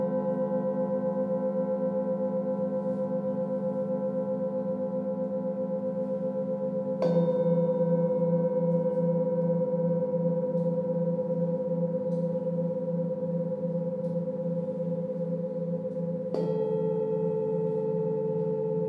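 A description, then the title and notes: Singing bowls ring with steady, long sustained tones layered in several pitches, with a low pulsing hum beneath. Sharp new strikes land around 7 and 16 seconds, each shifting the blend of ringing notes before it settles back into a smooth drone. This is the first track I recorded of Vicky and Emma at Omoon Studio in Tsim Sha Tsui, HK. Emma journeys around the room and plays singing bowls or other sound instruments to each participant while Vicky creates the overall mood in the space from a stationary position.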